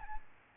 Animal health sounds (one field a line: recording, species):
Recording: mosquito wingbeat signal from an infrared sensor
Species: Aedes albopictus